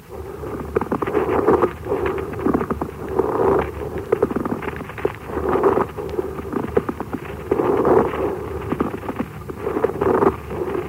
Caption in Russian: Шум трения плевры возникает при наличии неровности, шероховатости плевральных листков и сохраненной их подвижности друг относительно друга. Шум трения плевры представляет собой прерывистый звук непостоянной интенсивности. Выслушивается в обе фазы дыхания, изменяется при надавливании фонендоскопом на грудную клетку, а при покашливании не изменяется.